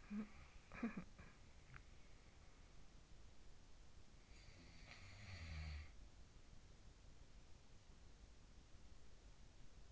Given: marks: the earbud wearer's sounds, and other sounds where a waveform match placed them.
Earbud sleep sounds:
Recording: sounds in sleep by an in-ear microphone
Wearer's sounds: talking in sleep, teeth grinding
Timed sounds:
0.00-1.60 s: talking in sleep
1.60-2.05 s: teeth grinding
4.12-6.06 s: sound from someone else or the room

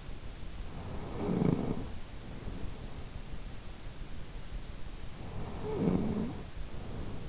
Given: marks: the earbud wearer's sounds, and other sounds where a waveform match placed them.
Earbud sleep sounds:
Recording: sounds in sleep by an in-ear microphone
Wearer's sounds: snoring breath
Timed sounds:
0.55-2.59 s: snoring breath
5.16-7.29 s: snoring breath

